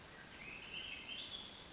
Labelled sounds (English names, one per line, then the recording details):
Swainson's Thrush
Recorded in Sonoma County, California